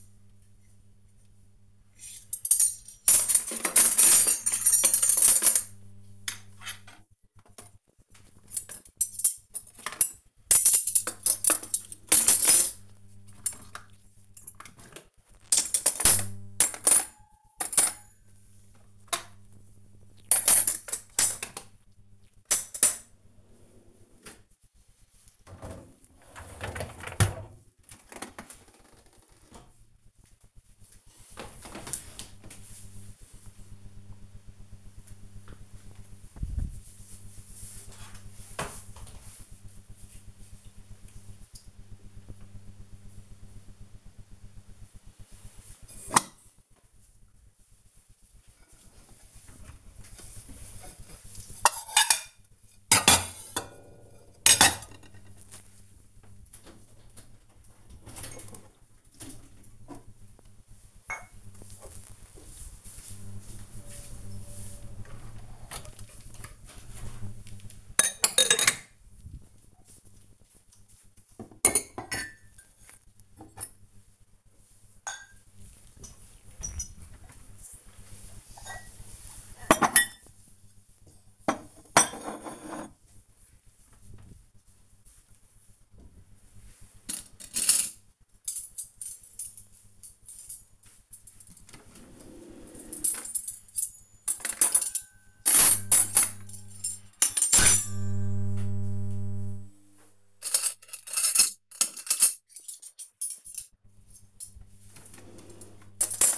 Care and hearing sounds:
household activities, microphone on the right wrist
0.00-28.33 s: cleaning out the dishwasher
43.43-106.38 s: putting away the dishes

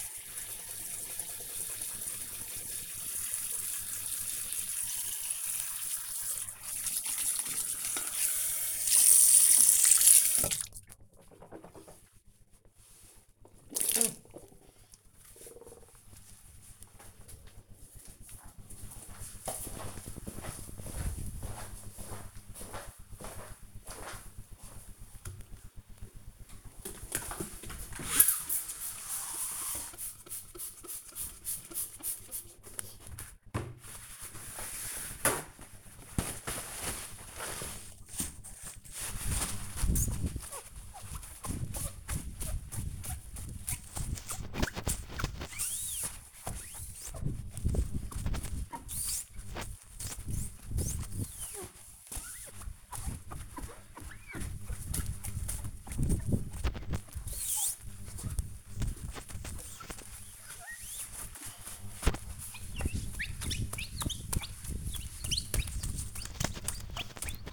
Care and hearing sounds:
household activities, microphone on the right wrist
0.00-10.93 s: brushing teeth
26.07-67.53 s: window cleaning

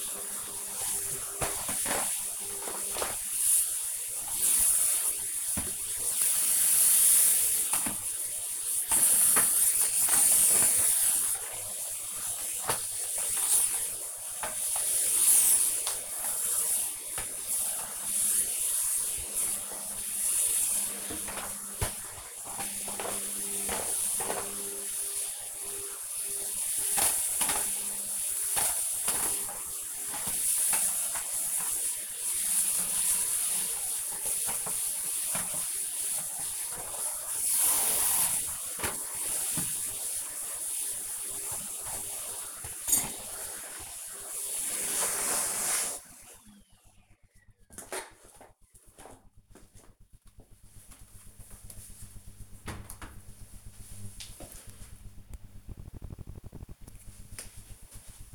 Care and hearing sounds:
household activities, microphone on the right wrist
0.00-45.72 s: vacuum cleaning

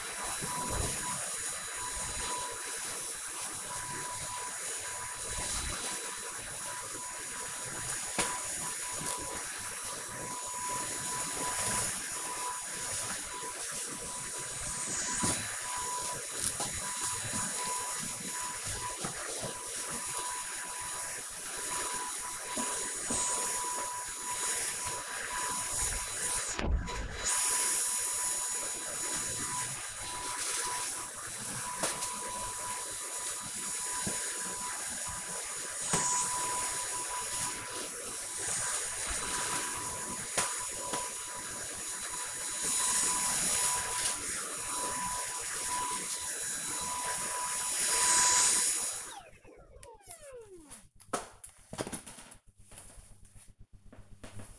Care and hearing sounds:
household activities, microphone on the right wrist
0.00-49.16 s: vacuum cleaning

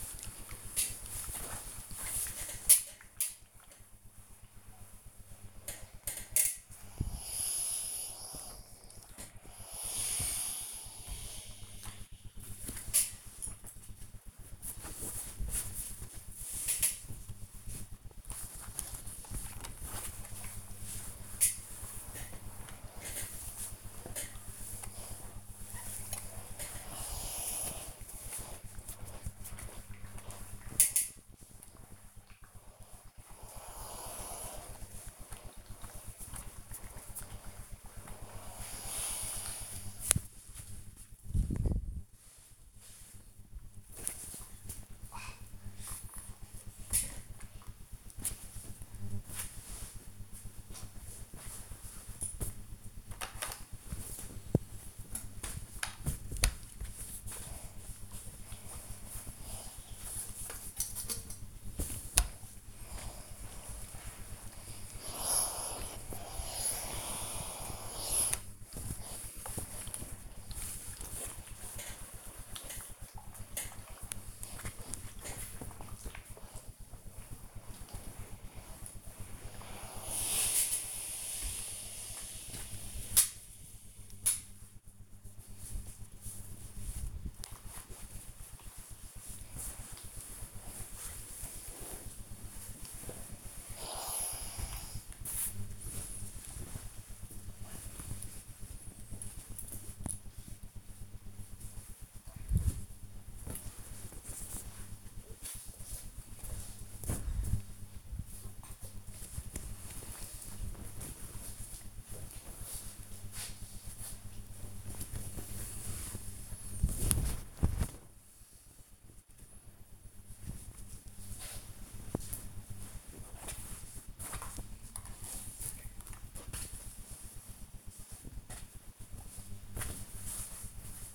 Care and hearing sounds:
household activities, microphone on the right wrist
0.00-107.11 s: ironing laundry

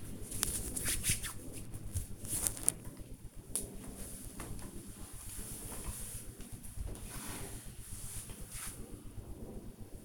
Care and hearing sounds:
household activities, microphone on the right wrist
0.00-1.71 s: disinfecting hands

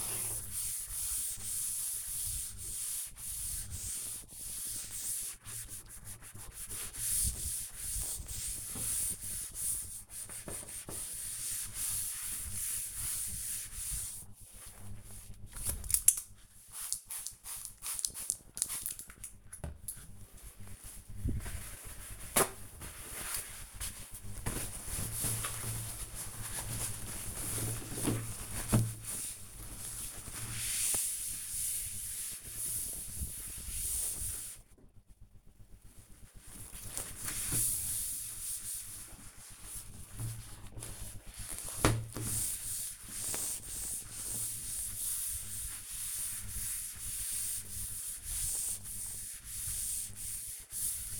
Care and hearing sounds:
household activities, microphone on the right wrist
0.00-51.20 s: cleaning door

